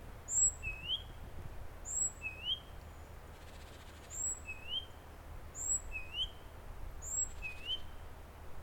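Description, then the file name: Great tit singing steadily, each phrase a sharp high note followed by a rising lower whistle, repeated regularly above faint rumble. "Parus major"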